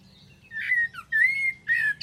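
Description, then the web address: Bird whistles: three drawn-out, level whistled notes with a harsher onset, spaced by short gaps, over a faint low hum. "Deverinetal Bird Only Tu Me Tu Me"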